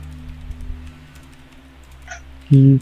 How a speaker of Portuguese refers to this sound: eu tô digitando, galera.